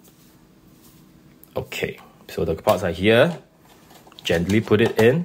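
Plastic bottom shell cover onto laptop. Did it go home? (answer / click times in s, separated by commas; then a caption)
no / none. A snap-on plastic bottom shell cover is lined up with the port cut-outs of a MacBook Air M2 before being gently pressed into place, while someone talks. There is a brief soft handling sound at about 1.4 s, and the cover has not yet snapped or clicked on.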